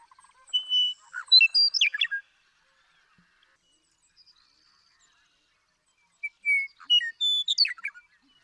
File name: Western Meadowlark